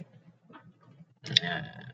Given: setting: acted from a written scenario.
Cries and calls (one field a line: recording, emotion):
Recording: vocal sound without words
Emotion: sympathy